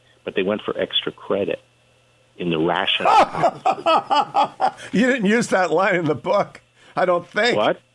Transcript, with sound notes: But they went for extra credit in the ration…
(laughing) You didn’t use that line in the book, I don’t think.
What?